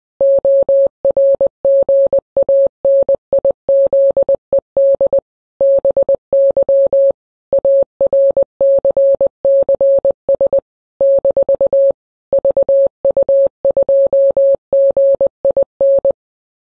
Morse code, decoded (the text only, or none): ORGANIZED BY ARCCS - VU2GIN